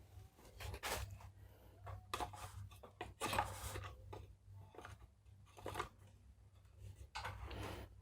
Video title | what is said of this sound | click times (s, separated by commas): Build Mining Rig Kere Hore Part#4 - Tambah VGA dari hasil mining | Seperti biasa sambil bunyi klek. | 2.1 s